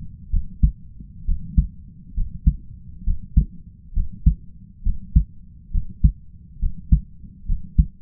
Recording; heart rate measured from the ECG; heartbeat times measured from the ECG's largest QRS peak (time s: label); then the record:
heart sounds by stethoscope; 67 bpm
0.30 s: heartbeat
1.24 s: heartbeat
2.14 s: heartbeat
3.04 s: heartbeat
3.93 s: heartbeat
4.83 s: heartbeat
5.71 s: heartbeat
6.59 s: heartbeat
7.45 s: heartbeat
From the record:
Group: healthy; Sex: male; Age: 20 years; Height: 167 cm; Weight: 61 kg